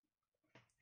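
A new plastic drive coupling is handled onto the motor shaft of a Fakir Lucca blender to be pressed down lightly. Faint small taps and rustles are followed by a louder, brief broadband handling noise around 0.55 s that fades out. Nothing has seated yet.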